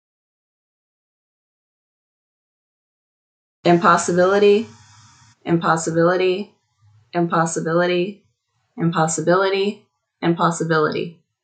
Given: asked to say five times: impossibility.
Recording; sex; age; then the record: repeated word; female; 20 to 29 years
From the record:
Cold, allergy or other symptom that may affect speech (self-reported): no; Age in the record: 28 years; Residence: Texas, United States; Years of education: 12